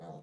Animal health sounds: pig call; piglet (1 to 25 days)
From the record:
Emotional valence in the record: negative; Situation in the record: long isolation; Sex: female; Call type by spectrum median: low-frequency call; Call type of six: low-frequency stable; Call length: 0.22 s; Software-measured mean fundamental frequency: 51 Hz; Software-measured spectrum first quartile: 194 Hz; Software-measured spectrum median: 448 Hz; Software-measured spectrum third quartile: 693 Hz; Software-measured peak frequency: 688 Hz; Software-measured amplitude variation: 96 dB a second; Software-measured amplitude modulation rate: 15.6 a second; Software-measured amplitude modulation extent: 6.2 dB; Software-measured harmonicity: 2.3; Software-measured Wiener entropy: 0.08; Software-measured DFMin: 1537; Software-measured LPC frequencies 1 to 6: 681, 3526, 6261, 7198, 9803, 11748 Hz

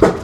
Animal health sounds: pig call; growing-finishing pig (85 days or more)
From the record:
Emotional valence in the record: positive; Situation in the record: run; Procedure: transit

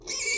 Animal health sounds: pig call; weaner (32 to 43 days)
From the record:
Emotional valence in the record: negative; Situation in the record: short isolation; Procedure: open field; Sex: female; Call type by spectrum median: high-frequency call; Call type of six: high-frequency stable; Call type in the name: high-frequency stable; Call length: 0.39 s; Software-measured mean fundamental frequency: 472 Hz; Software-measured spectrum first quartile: 2549 Hz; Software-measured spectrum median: 5236 Hz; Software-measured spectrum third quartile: 7743 Hz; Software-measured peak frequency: 2298 Hz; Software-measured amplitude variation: 104 dB a second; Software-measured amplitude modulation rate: 16.7 a second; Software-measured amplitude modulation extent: 6.2 dB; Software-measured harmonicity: 4.7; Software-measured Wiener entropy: -2.65

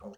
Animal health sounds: pig call; piglet (1 to 25 days)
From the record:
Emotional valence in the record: negative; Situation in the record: long isolation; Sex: male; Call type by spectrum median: low-frequency call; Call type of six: mixed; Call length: 0.18 s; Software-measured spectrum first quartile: 212 Hz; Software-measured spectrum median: 412 Hz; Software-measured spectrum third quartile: 626 Hz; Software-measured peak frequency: 531 Hz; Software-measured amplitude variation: 176 dB a second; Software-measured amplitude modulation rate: 5.5 a second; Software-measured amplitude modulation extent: 31.9 dB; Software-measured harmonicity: 3.6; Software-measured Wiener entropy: 0.18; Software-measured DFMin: 1264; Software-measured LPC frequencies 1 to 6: 521, 1157, 2938, 4330, 5728, 6385 Hz

